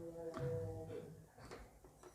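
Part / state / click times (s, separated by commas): modular switch cover plate into switch-board frame / not seated / none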